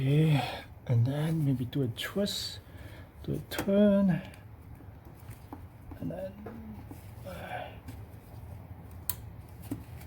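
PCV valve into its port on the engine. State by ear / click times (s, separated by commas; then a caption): seated / 9.1 s. Someone talks while twisting and turning a new plastic PCV valve into its port on the engine of a 2013 Chevy Impala, a replacement meant to stop oil consumption. A sharp, loud click at 9.1 s marks the valve seating in place. It is then tugged to check, and it holds tight.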